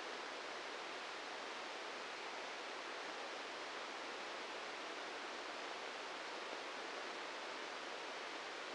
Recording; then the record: brain microelectrode recording played as sound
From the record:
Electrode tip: inside the subthalamic nucleus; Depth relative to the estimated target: -1 mm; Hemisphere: right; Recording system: NeuroSet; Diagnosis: Parkinson's disease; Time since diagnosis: 13 years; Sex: male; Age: 65 years